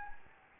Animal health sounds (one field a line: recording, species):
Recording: mosquito wingbeat signal from an infrared sensor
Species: Anopheles gambiae